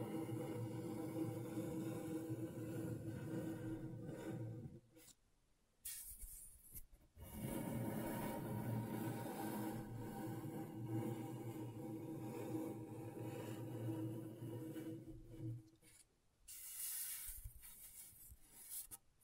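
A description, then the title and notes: Scratching on a scratchboard comes as long, dense, rasping strokes over a steady low hum. The scraping stops twice, around 5 to 7 seconds and again near 16 seconds, then resumes at the same rough, even pace. ASMR Brain Tingling Scratchboard (No Talking).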